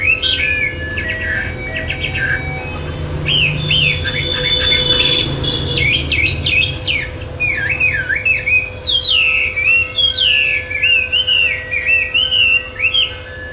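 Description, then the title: Bird song: long, varied whistled phrases of looping, rising and falling notes mixed with fast chirps, continuing throughout over a constant low hum. "SuaraBurung Kicau"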